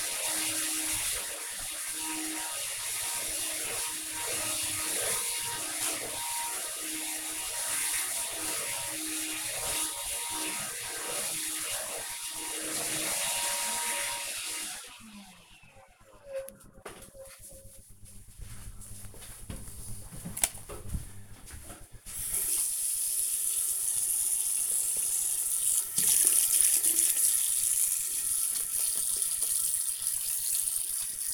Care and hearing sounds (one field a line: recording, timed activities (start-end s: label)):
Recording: household activities, microphone on the right wrist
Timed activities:
0.00-14.66 s: vacuum cleaning
22.71-31.34 s: washing hands